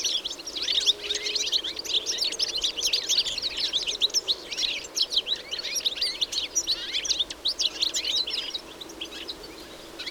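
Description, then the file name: European goldfinch twittering, a busy chorus of sharp high chirps and trills from several birds, slightly thinner toward the end. "Carduelis carduelis"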